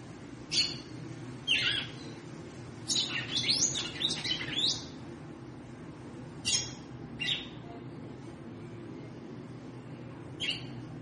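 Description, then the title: Red-cowled cardinal chipping, with a quick burst of several rapid chirps near the middle, then scattered single notes over a low hum. Female bird, described as 'triculando' and 'batendo fogo', apparently calling to stimulate the male. "Canto Galo Campina Fêmea. Fêmea de GALO DE CAMPINA - TRICULANDO,BATENDO FOGO PRA ESQUENTAR O MACHO??"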